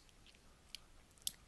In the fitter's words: and you can even probably hear it click into place